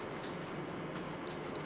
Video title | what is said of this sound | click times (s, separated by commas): How to change SD card in Dexter | and then push it in and you hear you'll hear a little click and then that's it | 1.6 s